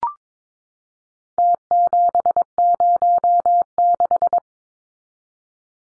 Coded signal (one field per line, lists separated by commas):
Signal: Morse code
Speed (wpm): 22 wpm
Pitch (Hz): 700 Hz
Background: none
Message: T706